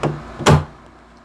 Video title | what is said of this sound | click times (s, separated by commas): How to embroider on Brother BabyLock Alliance Embroidery Machine (Scarlet Ribbon Collection Logo) | and it should hear a pop when it's in place | 0.5 s